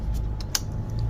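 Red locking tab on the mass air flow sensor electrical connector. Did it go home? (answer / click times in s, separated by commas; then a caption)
yes / 0.6 s. On a 2014 Chevy Malibu, after the electrical connector is plugged into the mass air flow sensor on the air intake, the red safety locking tab on the connector is pushed down. A single sharp, loud click at 0.55 s, with fainter ticks around 0.4 s and 1.0 s over a steady low hum, marks the locking tab pushed home and the connector seated.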